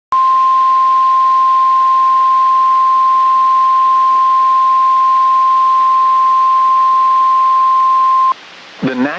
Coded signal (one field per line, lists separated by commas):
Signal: Emergency Alert System (SAME) tones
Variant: 1050 Hz attention tone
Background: speech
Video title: Again, Another Alabama SVR EAS #328